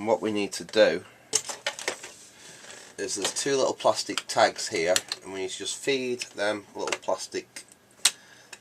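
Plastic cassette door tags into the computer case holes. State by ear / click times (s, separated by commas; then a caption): seated / 8.1 s. Someone talks while two small plastic tags on the cassette door of an Amstrad CPC 464 are fed into two holes in the plastic computer case. A sharp, strong tick at 8.1 s marks the tags snapping into place, and the cassette door is seated back in.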